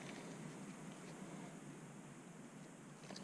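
A torque wrench tightens a new fastener on the crankshaft bearing assembly of a Dillon 1050 reloading press with a Mark 7 Autodrive. Over a steady broadband hiss, the wrench gives a short, sharp click at 3.2 seconds as it reaches its setting, confirming the fastener is torqued.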